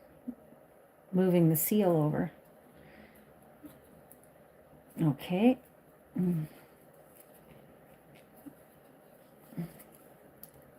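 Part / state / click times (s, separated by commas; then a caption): seal or case part going into a watch case / seated / 10.4 s. Someone reassembling a watch after moving the seal over presses a seal or case part into the watch case. Someone talks in short bursts, with a few faint ticks in between. The part snaps into place with a sharp click at 10.4 s.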